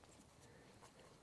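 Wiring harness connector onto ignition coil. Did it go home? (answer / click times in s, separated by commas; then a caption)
no / none. A plastic wiring harness plug is lined up and pushed onto an ignition coil on a BMW F8x M2/M3/M4 S55 engine, with its locking tab meant to drop into place. Only faint, steady handling noise and low rumble are heard, with a brief soft tap near the start. Nothing has seated or clicked yet.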